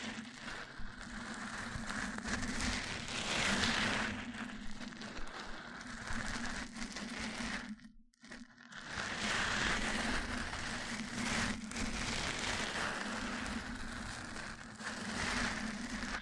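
Mic-on-mic ASMR triggers: a dense, continuous crackling rustle, much like rain on a surface, with a steady low hum running underneath. The sound breaks off into near silence just after the eight-second mark, then swells back to the same thick texture.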